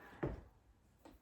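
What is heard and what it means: The magnetic top frame of an embroidery hoop is dropped onto the base frame with a towel laid across it, and it snaps shut with a sharp click at 0.2 s, leaving the towel hooped and the frame seated. A fainter tap follows at about 1.1 s. No one talks during the clip.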